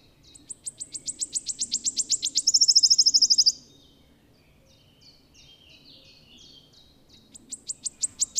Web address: agykontroll Madardalok Cd 1. Sisegő füzike